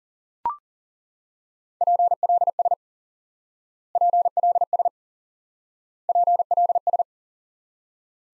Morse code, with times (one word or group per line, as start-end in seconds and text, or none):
1.8-2.7 PLS
4.0-4.9 PLS
6.1-7.0 PLS